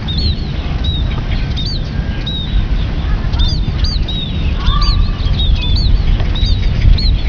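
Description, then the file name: Munia calls: thin, high arched chips repeated many times, half buried under a loud, steady low rumble. "Smunia"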